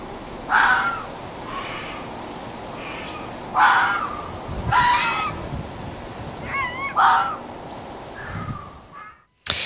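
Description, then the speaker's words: Red fox gives shrill, strained screaming cries at irregular intervals, some wavering, ending in a brief sudden noise. Glapissement, the breeding-season cry (December to February), heard at night; sounds between a baby crying and shrill screams; male and female calling and answering each other. "venez d'écouter le glapissement du renard, donc le cri qu'il émet lors de la reproduction, donc comme je le disais, qui se déroule entre le mois de décembre et le mois de février."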